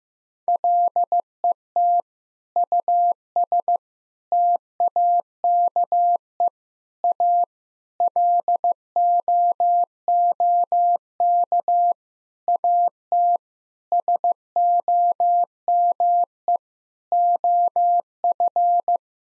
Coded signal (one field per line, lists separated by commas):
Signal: Morse code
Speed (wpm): 15 wpm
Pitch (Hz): 700 Hz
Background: none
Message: LET US TAKE A LOOK AT SOME OF